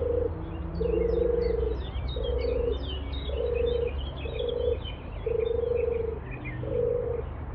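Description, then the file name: European turtle dove purring song, seven low rolling purrs about a second apart, with a small bird's high, quick repeated notes above throughout. Recorded 23 May 2021; excerpt with the sound of a chiffchaff reduced. "Turtle-Dove-210523-reduced-chiff-excerpt"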